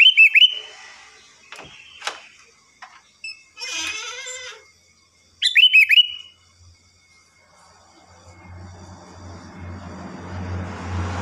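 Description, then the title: Sooty-headed bulbul giving bright four-note whistled phrases at the start and again midway, with scattered clicks and chirps between and rising background noise near the end. "Kutilang"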